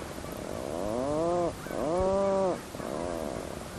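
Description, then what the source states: Atlantic puffin groaning call, three low, drawn-out harmonic moans that rise and fall, each lasting under a second, over steady background hiss. Standing guard outside its burrow on the tiny island of Hurnekin in the remote Røst archipelago, Arctic Norway.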